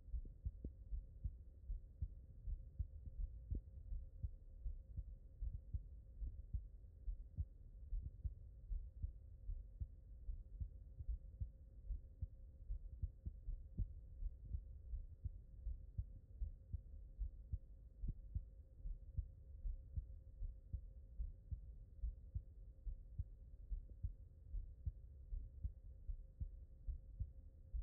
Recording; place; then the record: heart sounds by stethoscope; mitral valve (MV)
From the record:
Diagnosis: non-HFrEF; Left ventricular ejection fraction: 55%